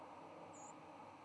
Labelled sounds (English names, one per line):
White-throated Sparrow flight call